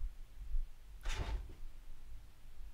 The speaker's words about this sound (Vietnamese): Gì đây, đứa nào đập cửa đây?